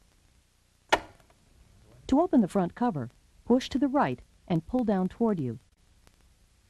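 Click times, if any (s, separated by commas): 1.2 s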